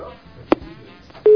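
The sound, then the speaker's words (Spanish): Faint hiss on a phone line, a sharp click, then a loud, steady low-pitched tone cuts in at the end, the sound of a line after the caller hangs up. “Ya nos colgaron, vean nomás.”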